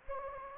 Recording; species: mosquito wingbeat signal from an infrared sensor; Anopheles gambiae